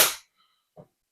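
A plastic tail section of a Mattel Jurassic World Diplodocus dinosaur figure is handled at its socket in the body. A loud, sharp broadband burst opens the clip and decays over about 0.2 s, followed by faint tones and a short low thump near 0.8 s. Nothing has seated or clicked yet.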